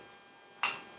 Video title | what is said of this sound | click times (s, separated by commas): CBMC MDI/DPI Session | So we're going to open it. Hear the click. | 0.6 s